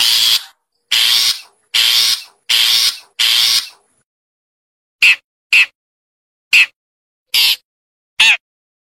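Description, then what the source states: Long-tailed Shrike giving five long grating, rasping notes in a row, then a pause and five short squeaky notes spaced out. Chirping song.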